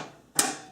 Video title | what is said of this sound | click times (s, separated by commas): How to build a PC | they click into place. | 0.4 s